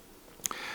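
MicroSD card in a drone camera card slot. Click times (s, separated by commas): 0.5 s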